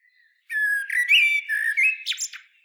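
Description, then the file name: Common blackbird singing one full phrase: a faint note, then rich, rolling low whistles rising and falling, finished by a couple of sharp high squeaks. "Turdus merula"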